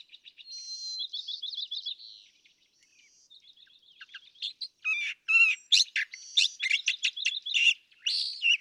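California thrasher singing, soft rapid trills and chattering phrases building into loud, harsh, varied notes in quick succession, with a quiet background.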